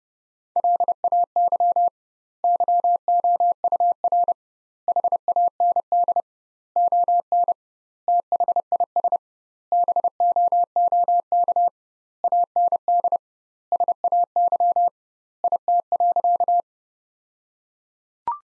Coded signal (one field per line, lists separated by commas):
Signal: Morse code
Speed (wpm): 32 wpm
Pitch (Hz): 700 Hz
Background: none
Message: LAY YOUR HAND ON THIS BOOK AND SAY IT.